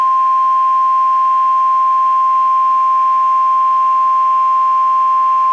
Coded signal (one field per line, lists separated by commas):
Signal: Emergency Alert System (SAME) tones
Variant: 1050 Hz attention tone